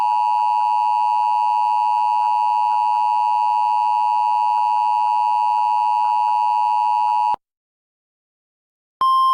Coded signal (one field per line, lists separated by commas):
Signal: Emergency Alert System (SAME) tones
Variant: 853 and 960 Hz attention tone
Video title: Eas Mock Recreation (Enderling 2025) NRDK